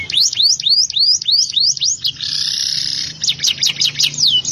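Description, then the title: Canary song: a quick run of high sweeping notes, then a dense buzzy trill for about a second, followed by fast chirps. "Kenari"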